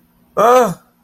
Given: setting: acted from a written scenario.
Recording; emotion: vocal sound without words; distress